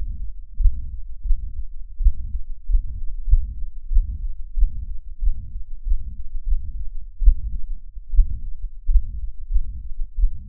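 Regular heartbeat, about 85 a minute, with a low rumbling sound filling the gaps between beats: a heart murmur in an adult, heard by stethoscope.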